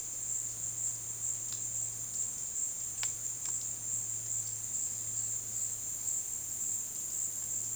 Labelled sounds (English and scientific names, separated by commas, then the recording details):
none
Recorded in dense forest near Puerto Asís, Putumayo, Colombia, on 20 February 2024 at 14:00
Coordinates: 0.466, -76.327
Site G6413